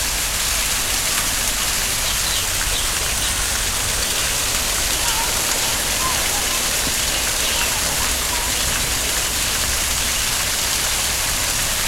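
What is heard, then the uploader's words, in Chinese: A waterfall roars in a steady, dense hiss, bright and even throughout, with a faint low rumble underneath and no breaks. 哗哗瀑布声给你一份清爽-深山录制。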